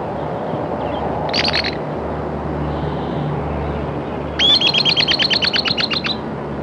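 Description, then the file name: Bird song: a short high burst, then a few seconds later a rapid, even trill, with a steady low hum throughout. "SABIOD"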